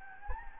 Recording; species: mosquito wingbeat signal from an infrared sensor; Anopheles gambiae